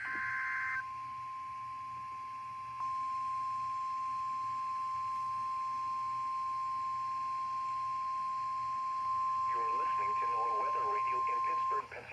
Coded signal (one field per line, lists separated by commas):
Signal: Emergency Alert System (SAME) tones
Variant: 1050 Hz attention tone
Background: speech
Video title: EAS 6684-6744 EAS Alerts I haven't uploaded yet